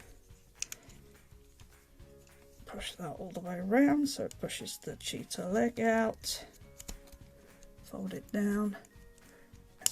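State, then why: Seated. A folded plastic leg section is pushed into the body of a Transformers War for Cybertron: Kingdom Deluxe WFC-K4 Cheetor action figure while someone talks over light background music, with faint handling ticks throughout. A sharp plastic click at 9.9 s marks the leg seating in place.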